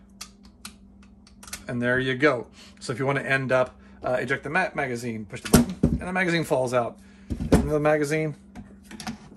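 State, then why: Seated. A detachable box magazine is pushed out of a Remington 700 bolt-action rifle by pressing the release button, then rocked back into the magazine well until the latch catches. Someone talks throughout, with sharp handling clicks near the start, and the magazine locks into place with a click at 9.0 seconds.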